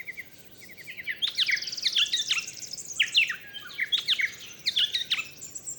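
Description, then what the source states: Yellow-faced Honeyeater dawn song: bright, quick chirping phrases of sharp falling and rising notes, repeated in bursts over a quiet background. Dawn chorus with awakening song at daybreak and the ocean in the distance; Booderee National Park, south-east coast of Australia, 27 November 2015; recorded with Nomad and cardioid MKH8040.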